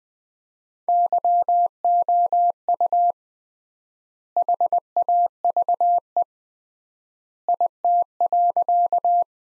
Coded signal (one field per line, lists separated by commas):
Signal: Morse code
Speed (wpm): 20 wpm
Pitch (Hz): 700 Hz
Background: none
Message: YOU HAVE IT.